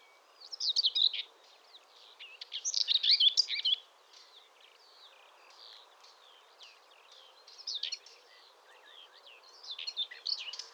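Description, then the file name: Eurasian blackcap song in several short warbling bursts, each a jumble of quick high chirps and slurred notes, separated by pauses, over low background noise. "Sylvia atricapilla"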